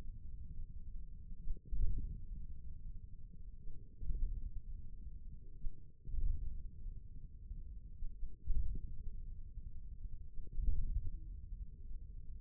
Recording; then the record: forearm muscle sounds (acoustic myography)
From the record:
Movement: radial deviation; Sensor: system 1, eight BSWA MPA416 microphones around the upper forearm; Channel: 1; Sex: male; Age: 41 years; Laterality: right